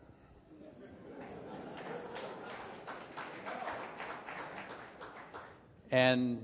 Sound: applause